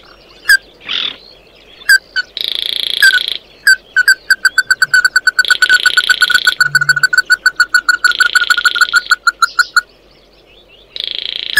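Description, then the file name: Bird uttering short piping notes, first sparse, then a long quick regular series, interrupted by rough buzzy rasps. "Tieng chim mat do"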